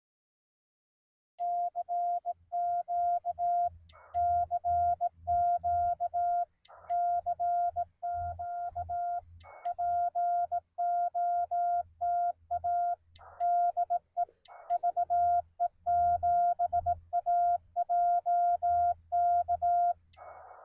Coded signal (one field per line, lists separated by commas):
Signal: Morse code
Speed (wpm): 18 wpm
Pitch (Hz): 700 Hz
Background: none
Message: CQ CQ CQ POTA DE VE7AJK